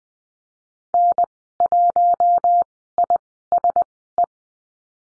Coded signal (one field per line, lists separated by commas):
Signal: Morse code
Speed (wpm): 20 wpm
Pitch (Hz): 700 Hz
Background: none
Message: N1ISE